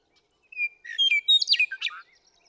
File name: Western Meadowlark